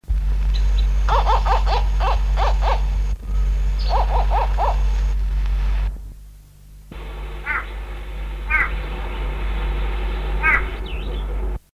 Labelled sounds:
White-bellied Go-away-bird call

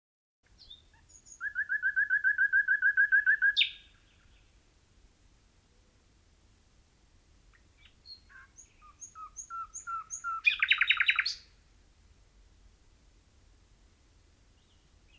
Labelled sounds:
Common Nightingale song

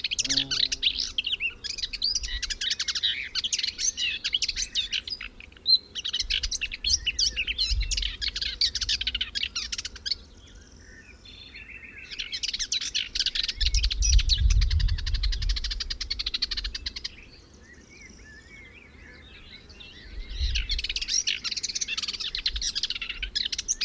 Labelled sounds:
Subalpine Warbler song

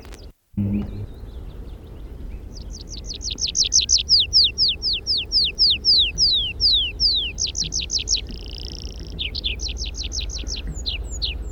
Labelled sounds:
Tree Pipit flight song

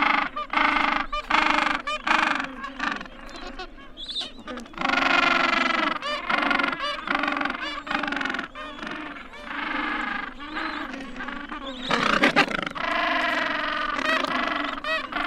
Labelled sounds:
Gentoo Penguin call

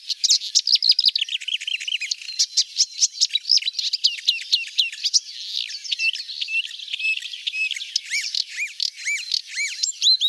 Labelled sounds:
Marsh Warbler song

